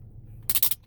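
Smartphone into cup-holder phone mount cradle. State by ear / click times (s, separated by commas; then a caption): seated / 0.5 s. A smartphone is pushed into the cradle of a cup-holder phone mount over a low, steady background rumble. A sharp, loud snap at 0.5 s marks the phone seating in the mount, followed by a couple of quick clattering knocks before it goes quiet.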